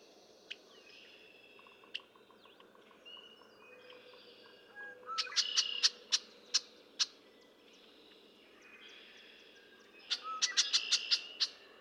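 Red-winged blackbird, occasional sharp chips, then a busy flurry of clicking notes, spaced chips, and a second rapid burst near the end.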